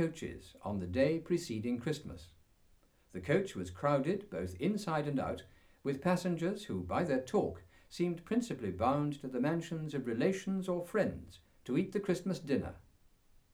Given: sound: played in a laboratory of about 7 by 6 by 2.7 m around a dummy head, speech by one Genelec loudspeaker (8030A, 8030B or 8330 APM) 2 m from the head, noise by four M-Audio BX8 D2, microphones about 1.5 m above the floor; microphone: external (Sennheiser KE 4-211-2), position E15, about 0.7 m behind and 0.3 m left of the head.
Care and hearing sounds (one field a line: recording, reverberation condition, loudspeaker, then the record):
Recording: male speech in English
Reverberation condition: low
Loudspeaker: 150 degrees to the right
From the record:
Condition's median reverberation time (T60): about 310 ms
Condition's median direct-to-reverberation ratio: about 3.5 dB